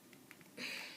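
A plastic chatpad keyboard is being pushed onto the bottom of an Xbox 360 game controller, its plastic clips guided toward the holes. Faint, soft ticks of handling come at about 0.1, 0.3 and 0.4 seconds, followed by a louder, steady hiss of rubbing from 0.6 seconds to the end. Nothing has seated or clicked yet.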